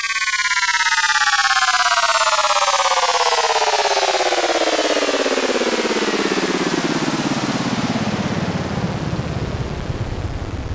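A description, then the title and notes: A buzzy synthetic tone slides steadily downward in pitch over about eleven seconds, starting high and bright and ending in a low, grainy rumble. The sound is dense and rasping throughout, holding an even loudness with no breaks or other sounds. Ascend & Descend SFX Demo by resonovance.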